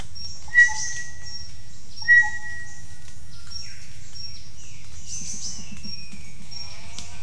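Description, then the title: Bird gives two clear, level whistled notes about one and a half seconds apart, each followed by a lower short note, over soft insect buzz and low rumble. Birds calling in the jungle at Mungku Baru, Central Kalimantan, Indonesia. "丛林中的鸟叫_黑色喜p-印度尼西亚中加里曼丹省Mungku Baru"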